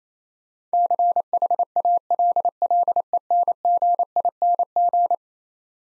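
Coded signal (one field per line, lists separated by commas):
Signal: Morse code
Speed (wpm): 27 wpm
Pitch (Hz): 700 Hz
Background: none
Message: CHALLENGING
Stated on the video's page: Morse head-copy practice of eleven-letter words at 28 wpm, each word sent, spoken, then sent again.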